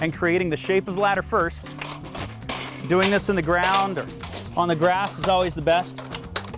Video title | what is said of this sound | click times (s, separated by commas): How To Use the Little Giant XTreme Ladders - Toolstation | make sure that that hinge is completely seated it's locked into place | 6.4 s